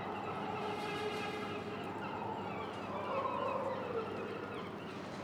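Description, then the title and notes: Gulls calling with drawn-out wailing notes over steady wind noise, with light metallic clinking in the background. Gulls at a harbour quay in Boulogne-sur-Mer, France, with wind, a metal structure and the rattling of pleasure boats. "Quai Thurot, Boulogne-sur-Mer, France - Mouettes. Prise de sons : JF CAVRO"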